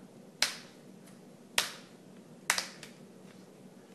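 A plastic screen bezel clipped onto the display lid of a Lenovo IdeaPad S405 laptop is pried off by hand, pulled only far enough to hear each snap. Its snap-fit clips pop loose one after another with three sharp snaps at 0.4, 1.6 and 2.5 seconds, the last followed by fainter ticks. The clips are released and the bezel comes free.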